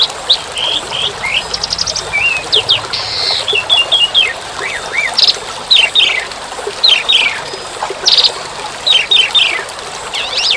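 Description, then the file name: Asian pied starling song, rapid whistled and squawking notes with short rattles, phrases following closely over an unbroken watery hiss. Song mixed with the sound of rain. "suara burung jalak suren dan tengah hujan"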